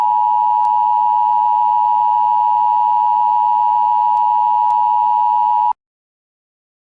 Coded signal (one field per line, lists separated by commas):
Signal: Emergency Alert System (SAME) tones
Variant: 853 and 960 Hz attention tone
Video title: EAS Video - Civil Emergency Message (St. Louis, MO)